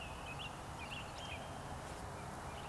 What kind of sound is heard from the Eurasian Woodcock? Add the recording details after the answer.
whistle. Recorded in Baden-Württemberg, Germany, on 3 June 2021 at 19:31 UTC. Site 45499, 200 m above sea level